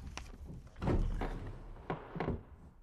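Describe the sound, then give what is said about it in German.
Wooden desk drawers slide and thump as they are pulled open and searched through, a cluster of dull knocks and scraping bumps spread over a few seconds with no voices. “Als erstes sollten wir dort den Schreibtisch untersuchen. Mal sehen, was sich in den Schubladen befindet.”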